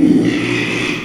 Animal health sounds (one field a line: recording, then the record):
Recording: squeal of a Yucatan mini pig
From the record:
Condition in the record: after surgery on the right vocal fold (resection and tissue-engineered implant)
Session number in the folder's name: 1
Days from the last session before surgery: 6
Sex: male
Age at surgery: 12 weeks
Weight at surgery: 13 kg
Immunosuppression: cyclosporine, prednisolone